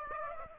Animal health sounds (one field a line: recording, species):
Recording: mosquito wingbeat signal from an infrared sensor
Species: Aedes aegypti